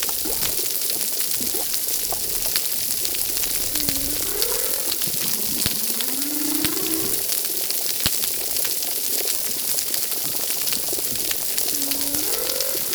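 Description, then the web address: Humpback whale singing with three moaning upswept units, spaced two to six seconds apart, amid steady crackling water noise. Humpback whales at a reef. "Brigitte RECIFS Recif 10 Humpback Whales"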